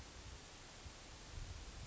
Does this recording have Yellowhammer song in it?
no